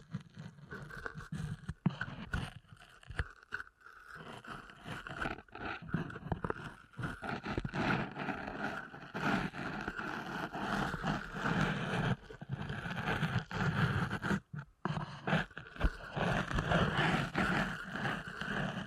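Deep ear canal massage sounds: a dense, continuous rubbing and scraping with a heavy low rumble and muffled crackle. The texture shifts constantly but never stops, except for brief near-silent gaps around 3.5 and 14.5 seconds.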